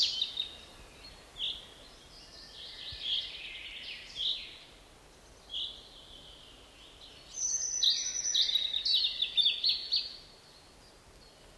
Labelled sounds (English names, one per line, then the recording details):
European Robin song
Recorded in the wild
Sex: male
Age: adult
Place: Mühlenbecker Wald, Brandenburg, DE
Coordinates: 52.7, 13.4
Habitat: forest
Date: 1988-07-10 12:15
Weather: partly sunny, 17-20°C, winds
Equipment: Sony WM-D6C, Kopie Tesla B 116
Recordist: Tembrock, Günter